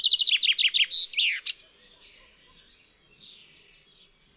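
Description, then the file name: Common chaffinch song heard from its middle: quick falling notes and a flourish in the first second and a half, then only faint chirps. "ZIEBA"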